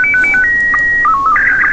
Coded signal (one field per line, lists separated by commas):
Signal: SSTV (slow-scan television)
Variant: Scottie 1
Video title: SSTV Transmission - Sending Images via Frequencies